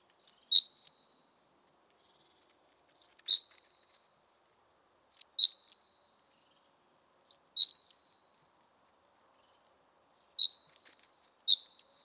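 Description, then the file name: Great tit calls, bursts of two to four high, ringing notes recurring every few seconds in a quiet setting. "Parus major"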